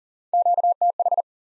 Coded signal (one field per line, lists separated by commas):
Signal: Morse code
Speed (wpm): 52 wpm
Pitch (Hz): 700 Hz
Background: none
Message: QTH